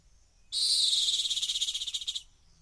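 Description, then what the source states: Rock hyrax calling with a harsh shriek that breaks into rapid pulsing, stuttering toward the end over nearly two seconds. Calling from the edge of a gorge in the Masai Mara.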